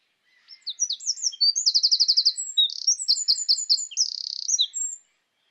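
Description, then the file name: Eurasian wren song: an energetic burst of piercing notes, fast trills and two buzzy rattles, delivered without pause for roughly four and a half seconds. "Troglodytes troglodytes"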